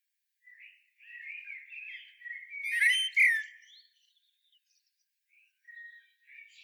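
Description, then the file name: Common blackbird song: a mellow warbled phrase around mid pitch that builds, then ends in a louder burst of squeaky high twittering, followed by faint scratchy notes. "Turdus merula"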